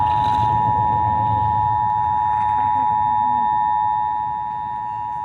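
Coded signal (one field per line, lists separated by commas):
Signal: Emergency Alert System (SAME) tones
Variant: 853 and 960 Hz attention tone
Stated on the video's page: Carried on KEC-60 weather radio.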